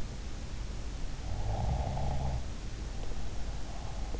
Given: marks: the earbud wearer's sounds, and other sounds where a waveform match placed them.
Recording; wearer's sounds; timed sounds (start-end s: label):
sounds in sleep by an in-ear microphone; snoring breath
1.25-4.12 s: snoring breath